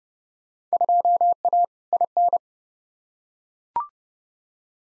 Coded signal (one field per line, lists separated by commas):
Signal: Morse code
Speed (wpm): 29 wpm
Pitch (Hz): 700 Hz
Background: none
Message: 2A IN